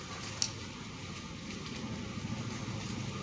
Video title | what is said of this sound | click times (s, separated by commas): Types Of Rock And Stone EDC- CGK Flint knapping | locks in place, | 0.4 s